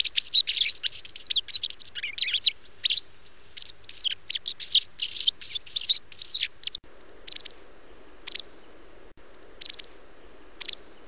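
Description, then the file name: White wagtail calls: rapid, sharp high chirps tumbling together for about seven seconds, then sparser single chips spaced a second or more apart, with faint background hiss. "barázdabillegető"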